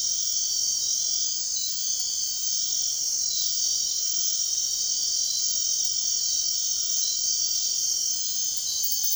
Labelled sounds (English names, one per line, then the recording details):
none
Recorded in dense forest near Puerto Asís, Putumayo, Colombia, on 9 March 2025 at 03:30
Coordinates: 0.499, -76.324
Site GP03